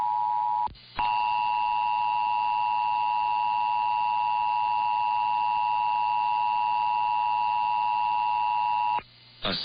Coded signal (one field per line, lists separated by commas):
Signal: Emergency Alert System (SAME) tones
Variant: 853 and 960 Hz attention tone